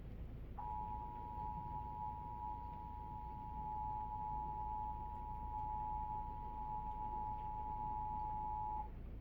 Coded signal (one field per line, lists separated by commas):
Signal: Emergency Alert System (SAME) tones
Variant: 853 and 960 Hz attention tone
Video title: eas svr Eas#161